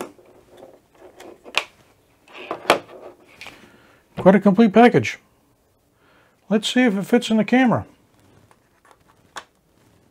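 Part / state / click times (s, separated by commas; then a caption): rechargeable battery pack into camera battery compartment / not seated / none. A replacement rechargeable battery pack is handled next to a camera's battery compartment, with sharp plastic ticks and taps early on and a faint tick near the end. Someone talks in between. The battery has not yet seated or clicked into place.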